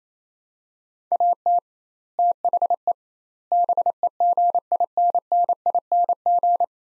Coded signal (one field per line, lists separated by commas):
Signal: Morse code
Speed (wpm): 28 wpm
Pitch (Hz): 700 Hz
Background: none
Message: AT THE BEGINNING